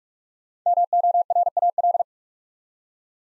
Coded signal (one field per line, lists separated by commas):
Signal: Morse code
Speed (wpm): 44 wpm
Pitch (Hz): 700 Hz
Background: none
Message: MORAL